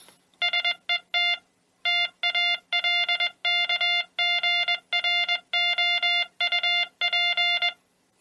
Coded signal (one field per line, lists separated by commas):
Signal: Morse code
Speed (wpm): 21 wpm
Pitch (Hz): 2100 Hz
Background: music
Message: SET TALKGROUP